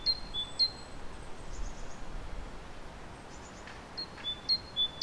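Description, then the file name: Great tit sounding high, ringing two-note phrases at the start and again near the end, with a quieter gap of faint chatter between. "Parus major"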